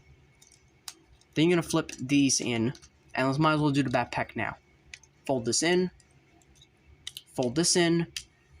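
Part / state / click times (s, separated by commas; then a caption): plastic backpack flap folding into the figure's back / not seated / none. A plastic backpack section of a Transformers Rise of the Beasts Mainline Deluxe Class Mirage figure is handled and folded in toward the figure's back while someone talks. Short plastic clicks and taps sound between the words. The part is only being handled, and nothing has seated or snapped into place yet.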